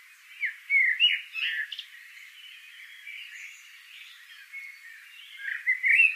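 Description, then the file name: Eurasian blackbird calls, short bright arched notes in two bursts near the start and end, over busy background chatter. "Turdus merula"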